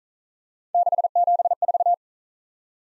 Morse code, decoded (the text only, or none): 674